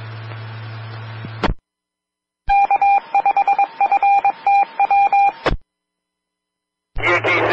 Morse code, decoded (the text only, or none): K5FTW